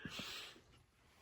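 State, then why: Not seated. A sheet-metal access panel is handled as it is refitted onto an HVAC unit cabinet, giving two short low thumps near 0.1 s and 0.2 s over a brief broadband rustle that fades by about 0.6 s. Nothing has seated or clicked yet; the panel is not yet home.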